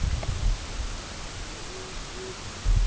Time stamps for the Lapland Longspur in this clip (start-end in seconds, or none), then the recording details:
none. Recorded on Arctic tundra, site UTQI-8, on 16 June 2019. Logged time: 00:00